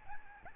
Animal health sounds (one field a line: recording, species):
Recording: mosquito wingbeat signal from an infrared sensor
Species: Aedes albopictus